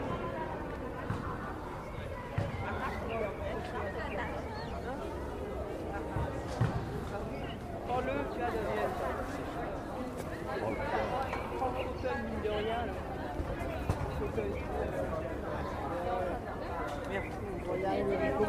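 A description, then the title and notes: A busy plaza in Italy, filled with a steady, dense blend of overlapping voices and conversations that never lets up. A low rumble of traffic runs underneath throughout, with occasional short knocks and clicks scattered across the whole stretch. Plaza Di Pietro. The sounds of a busy plaza in Italy. You can hear the sound of Italian conversations, footsteps, and traffic.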